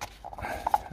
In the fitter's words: then push and that's the click you want that did not click the old one when